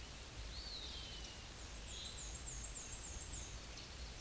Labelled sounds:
Black-and-white Warbler (Mniotilta varia) song
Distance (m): 45 m
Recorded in a Pennsylvania forest on 18 May 2023 at 11:16
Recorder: AudioMoth, point grid1_37_low
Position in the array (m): 51 m, 219 m

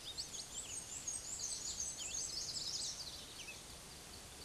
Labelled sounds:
Black-and-white Warbler (Mniotilta varia) song
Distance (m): 20 m
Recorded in a Pennsylvania forest on 18 May 2023 at 14:00
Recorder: AudioMoth, point grid1_28_low
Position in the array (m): 69 m, 90 m

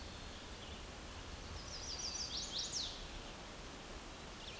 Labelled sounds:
Chestnut-sided Warbler (Setophaga pensylvanica) song
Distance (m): 25 m
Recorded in a Pennsylvania forest on 17 May 2023 at 11:52
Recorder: AudioMoth, point grid1_40_low
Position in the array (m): 121 m, 208 m

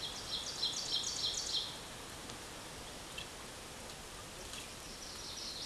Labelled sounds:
Ovenbird (Seiurus aurocapilla) song
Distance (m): 40 m
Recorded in a Pennsylvania forest on 17 May 2023 at 14:05
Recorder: AudioMoth, point grid1_1_low
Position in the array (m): 211 m, 26 m

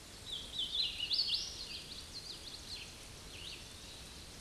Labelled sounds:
Hooded Warbler (Setophaga citrina) song
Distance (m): 35 m
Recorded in a Pennsylvania forest on 18 May 2023 at 08:03
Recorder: AudioMoth, point grid1_29_low
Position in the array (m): 54 m, 124 m

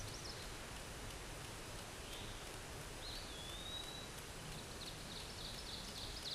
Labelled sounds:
Eastern Wood-Pewee (Contopus virens) song
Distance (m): 30 m
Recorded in a Pennsylvania forest on 17 May 2023 at 13:01
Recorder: AudioMoth, point grid1_14_low
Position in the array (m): 76 m, 124 m

